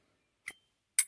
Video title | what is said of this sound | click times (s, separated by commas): Aroma 3 Grinder Review | when it clicks in the spot you'll hear it kind of click pretty | 1.0 s